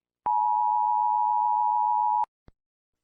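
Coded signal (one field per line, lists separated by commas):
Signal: Emergency Alert System (SAME) tones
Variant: 853 and 960 Hz attention tone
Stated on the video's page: Fictional EAS scenario.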